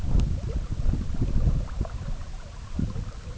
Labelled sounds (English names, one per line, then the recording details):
none
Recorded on Arctic tundra, site EABA-MC, on 17 June 2019
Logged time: 04:00